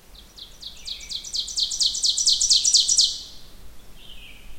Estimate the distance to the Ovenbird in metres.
about 5 m